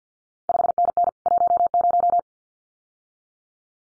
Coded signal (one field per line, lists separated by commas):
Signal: Morse code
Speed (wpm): 50 wpm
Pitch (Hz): 700 Hz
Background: none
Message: 5NN 10